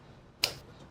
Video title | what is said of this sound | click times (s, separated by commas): Server Memory Overview & Upgrade | click click and again that's important that you hear it because that's a firm connection to the board | 0.4 s